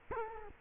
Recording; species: mosquito wingbeat signal from an infrared sensor; Culex quinquefasciatus